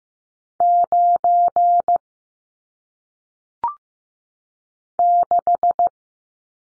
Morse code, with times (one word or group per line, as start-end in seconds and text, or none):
0.6-2.0 9
5.0-5.9 6